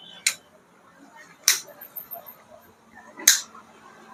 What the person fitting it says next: right click click అని sound వినిపిస్తుంది కదా